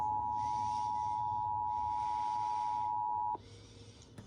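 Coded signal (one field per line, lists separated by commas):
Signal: Emergency Alert System (SAME) tones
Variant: 853 and 960 Hz attention tone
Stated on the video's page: EAS test from KDKA plus relayed alerts.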